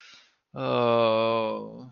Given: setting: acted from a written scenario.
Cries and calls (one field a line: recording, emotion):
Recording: vocal sound without words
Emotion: sadness